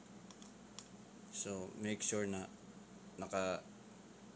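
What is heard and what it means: The end of an XLR cable is handled at the microphone's socket, with a few faint, brief ticks near the start while someone talks. The plug has not seated or clicked into the microphone yet.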